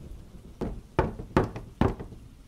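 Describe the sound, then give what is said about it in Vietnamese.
Four heavy knocks rap on a door from outside in the middle of a rainy, windy night, at a slow, uneven pace, each a dull thud with a sharp attack, over a low background rumble and no voices. “Thì đột nhiên, giữa đêm hôm mưa gió, ở bên ngoài vang lên tiếng gõ cửa.”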